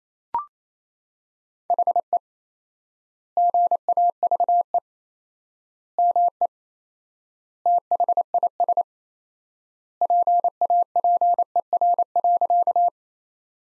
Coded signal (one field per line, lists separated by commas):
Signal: Morse code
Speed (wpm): 28 wpm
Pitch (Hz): 700 Hz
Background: none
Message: HE GAVE ME THIS PAPER.